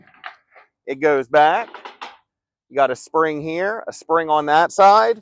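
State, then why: Seated. A spring-loaded locking pin on the heavy box-tube steel ramp gate of a utility trailer snaps into its bracket hole with a sharp metallic click at 0.3 s, locking into place. Someone then talks over the rest of the clip.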